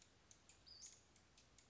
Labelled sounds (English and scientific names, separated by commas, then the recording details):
Western Flycatcher (Empidonax difficilis)
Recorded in Sonoma County, California